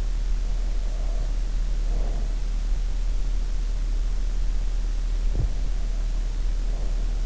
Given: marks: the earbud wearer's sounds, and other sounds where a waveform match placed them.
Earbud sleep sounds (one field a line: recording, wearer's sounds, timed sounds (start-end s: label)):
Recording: sounds in sleep by an in-ear microphone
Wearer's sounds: breath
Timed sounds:
0.62-2.60 s: breath
5.51-7.25 s: breath